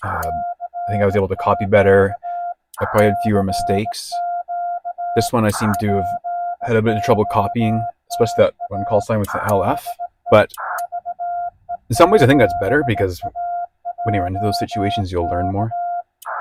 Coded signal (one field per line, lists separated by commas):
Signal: Morse code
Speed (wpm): 17 wpm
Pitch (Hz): 700 Hz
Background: speech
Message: CQ CQ POTA DE VE7AJK